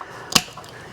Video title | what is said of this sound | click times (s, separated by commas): 2013 - 2016 Ford Escape Brake Light Bulb Replacement How to Remove & Replace Taillight Assembly DIY! | till it snaps in place, and then put the bulb back in the housing and turn it | 0.4 s